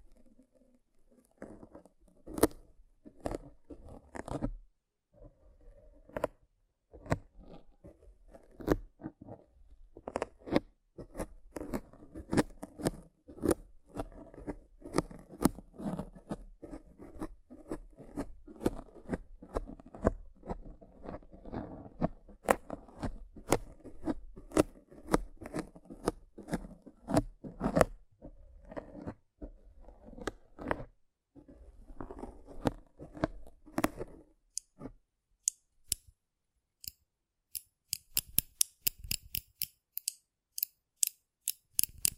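Rough brain cleaning and picking: dense, irregular clicks, scrapes and soft crunches fill the first thirty-five seconds over a low, muffled rumble. Near the end the sound thins out into sharp, brighter ticks and snips that come in quick bursts.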